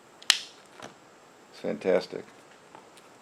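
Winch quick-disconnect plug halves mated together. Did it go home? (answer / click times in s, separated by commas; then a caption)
yes / 0.3 s. The two halves of a quick-disconnect plug for a Badlands 2500 winch being wired up on a RZR are joined together upside down, snapping sharply at 0.3 s as the connector seats. Someone then talks briefly, and another sharp click sounds near the end at 3.3 s.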